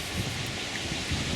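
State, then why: Not seated. A pillar light bulb socket for a 2016 Honda Fit GK LED tail light upgrade is handled against its plastic tail light lens housing, a part that fits only one way. Steady broadband rustling and a low rumble fill the clip, with no distinct click. Nothing has seated yet.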